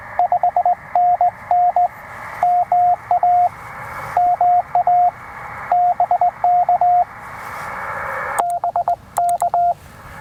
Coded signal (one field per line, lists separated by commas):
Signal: Morse code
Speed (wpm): 19 wpm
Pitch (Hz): 710 Hz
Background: radio noise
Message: 5NN MA MA BK BK